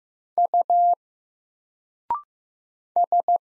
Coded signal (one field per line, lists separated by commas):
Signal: Morse code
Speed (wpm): 15 wpm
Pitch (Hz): 700 Hz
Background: none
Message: U S